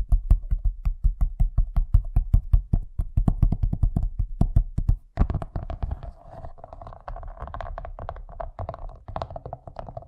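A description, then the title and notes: Fast tapping: a rapid, even run of sharp taps with a dull thump under each, like fingers on a hard surface, for about five seconds. After a brief pause it turns denser and more blurred, a steady rustling patter with fainter, irregular taps until the end. ASMR Braingasm Inducing Fast Tapping (No Talking).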